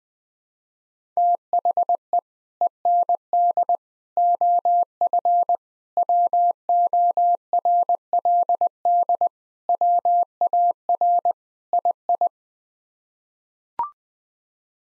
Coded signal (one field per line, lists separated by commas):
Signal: Morse code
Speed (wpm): 20 wpm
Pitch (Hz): 700 Hz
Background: none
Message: THE END OF WORLD WAR II